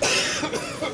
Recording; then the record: coughing mixed with background sound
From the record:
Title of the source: Dry Afternoon Cough